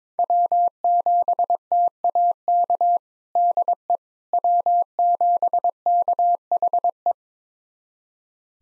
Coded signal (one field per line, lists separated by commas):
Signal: Morse code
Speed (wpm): 22 wpm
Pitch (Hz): 700 Hz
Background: none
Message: W7TAK DE W7KHE